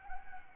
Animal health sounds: mosquito wingbeat signal from an infrared sensor; Anopheles arabiensis

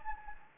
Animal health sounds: mosquito wingbeat signal from an infrared sensor; Anopheles gambiae

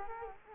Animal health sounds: mosquito wingbeat signal from an infrared sensor; Culex quinquefasciatus

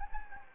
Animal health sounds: mosquito wingbeat signal from an infrared sensor; Anopheles gambiae

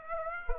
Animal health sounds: mosquito wingbeat signal from an infrared sensor; Aedes aegypti

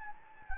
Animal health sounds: mosquito wingbeat signal from an infrared sensor; Anopheles gambiae

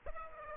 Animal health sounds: mosquito wingbeat signal from an infrared sensor; Aedes aegypti

